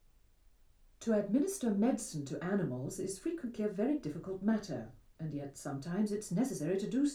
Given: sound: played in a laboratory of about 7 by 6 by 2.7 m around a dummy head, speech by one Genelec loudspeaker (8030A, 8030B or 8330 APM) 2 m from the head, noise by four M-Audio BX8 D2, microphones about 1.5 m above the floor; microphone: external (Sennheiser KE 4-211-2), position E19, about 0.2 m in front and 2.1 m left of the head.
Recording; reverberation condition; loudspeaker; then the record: female speech in English; low; 30 degrees to the left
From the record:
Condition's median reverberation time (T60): about 310 ms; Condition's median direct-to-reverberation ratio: about 3.5 dB